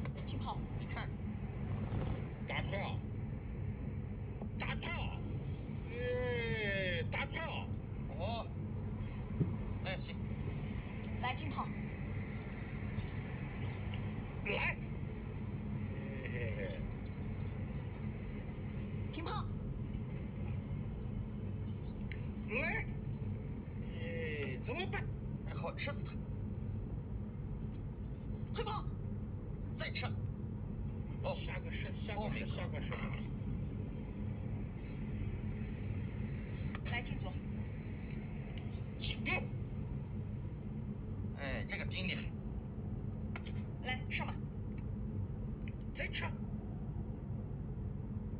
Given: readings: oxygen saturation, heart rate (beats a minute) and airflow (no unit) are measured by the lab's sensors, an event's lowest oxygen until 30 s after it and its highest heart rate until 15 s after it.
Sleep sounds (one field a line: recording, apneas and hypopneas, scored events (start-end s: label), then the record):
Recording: a person awake in a sleep study, by a smartphone at the bedside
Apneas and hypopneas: none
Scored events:
0.00-48.40 s: awake
From the record:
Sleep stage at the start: awake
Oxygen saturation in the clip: 95 to 96%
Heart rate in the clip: 75 to 82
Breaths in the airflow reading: 13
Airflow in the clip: -5.4 to 5.8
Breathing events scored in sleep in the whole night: 131 in 7.2 hours asleep